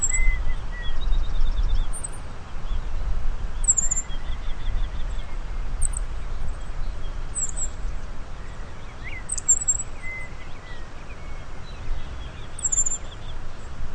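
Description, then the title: Black-masked finch giving thin, very high, sharply descending calls at irregular intervals, with softer lower chirps and a steady low rumble. Nominate subspecies Coryphaspiza melanotis melanotis. "LuckyPassaro Completos2Sama. Black-masked Finch"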